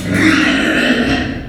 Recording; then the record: squeal of a Yucatan mini pig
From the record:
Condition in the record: after surgery on the right vocal fold (resection and tissue-engineered implant); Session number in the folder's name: 4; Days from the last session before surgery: 26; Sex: female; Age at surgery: 19 weeks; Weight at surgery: 25 kg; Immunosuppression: prednisolone